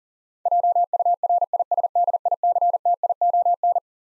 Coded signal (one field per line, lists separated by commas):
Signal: Morse code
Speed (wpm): 40 wpm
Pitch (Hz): 700 Hz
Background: none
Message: JURISDICTION